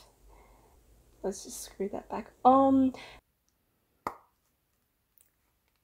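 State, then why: Seated. Someone talks while screwing a part of the clear plastic display base of a FuRyu F:Nex 1/7 scale Overlord Albedo Wedding ver. figure back on. At 4.1 s a single sharp click is heard as the part seats into place, a satisfying click.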